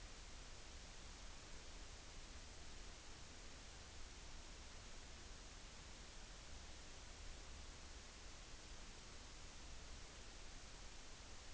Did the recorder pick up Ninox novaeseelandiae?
no